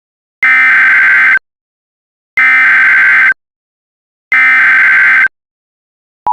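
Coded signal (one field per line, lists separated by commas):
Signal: Emergency Alert System (SAME) tones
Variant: header bursts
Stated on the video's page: Simulated, fictional EAS alert tones in an entertainment film scenario, not a real emergency alert.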